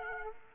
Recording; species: mosquito wingbeat signal from an infrared sensor; Aedes aegypti